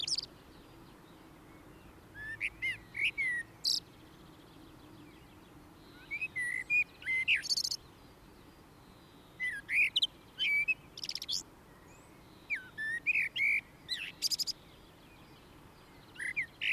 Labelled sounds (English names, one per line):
Common Blackbird song